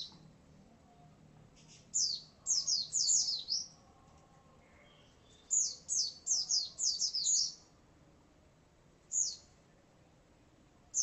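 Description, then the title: White-eye song: high, sharp, down-slurred notes strung in quick phrases, with single notes between them. "Pleci"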